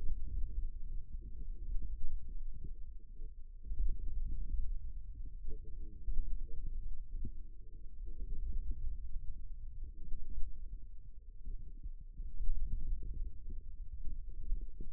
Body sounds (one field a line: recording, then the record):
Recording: forearm muscle sounds (acoustic myography)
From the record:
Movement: hand opening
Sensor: system 2, bracelet of six BSWA MPA416 microphones around the upper forearm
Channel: 2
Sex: male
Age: 22 years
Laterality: right